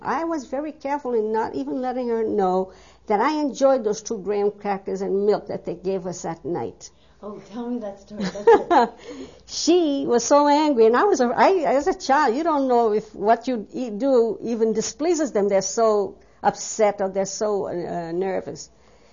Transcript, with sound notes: I was very careful in not even letting her know that I enjoyed those two graham crackers and milk that they gave us at night.
Oh, tell me that story.
(She laughs.) She was so angry, and I was, as a child, you don't know if what you do even displeases them, they're so upset or they're so nervous.